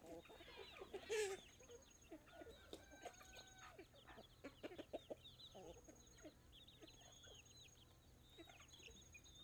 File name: Galinhas cacarejando, pintinhos, bater de asas e galo canta longe